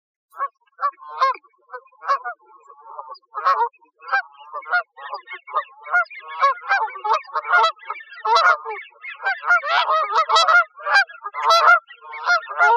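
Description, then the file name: Canada goose: a dense chorus of loud, nasal honks from several birds, overlapping and repeated almost continuously throughout. Recorded in Arizona. "CAGO 2 deviche"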